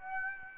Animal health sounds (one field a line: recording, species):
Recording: mosquito wingbeat signal from an infrared sensor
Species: Aedes aegypti